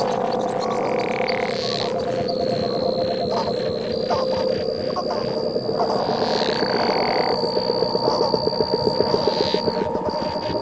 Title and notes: every sound you hear on this is a frog or a toad - Bill Austin = Toad Wrangler - recorded December 2017